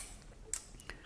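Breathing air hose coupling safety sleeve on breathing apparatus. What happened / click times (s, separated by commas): The hose coupling's safety sleeve was pulled back to release / 0.5 s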